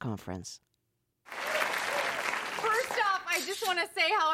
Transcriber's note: soundbite of applause